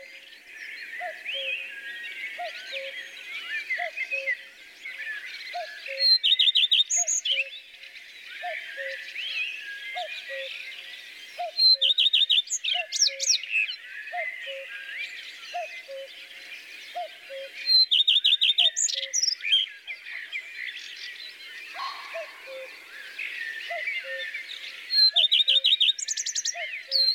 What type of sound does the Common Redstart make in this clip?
song